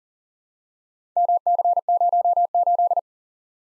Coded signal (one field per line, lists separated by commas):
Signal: Morse code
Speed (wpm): 38 wpm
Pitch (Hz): 700 Hz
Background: none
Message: MC08